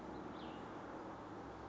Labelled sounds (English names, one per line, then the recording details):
Cassin's Vireo
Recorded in Sonoma County, California